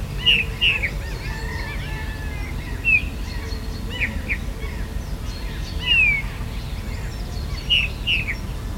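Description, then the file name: Eurasian bullfinch giving soft, short piping whistles, some slurred downward, in loose pairs and singles throughout. "Pyrrhula pyrrhula"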